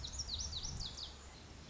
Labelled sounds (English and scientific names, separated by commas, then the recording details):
Lazuli Bunting (Passerina amoena)
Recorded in Sonoma County, California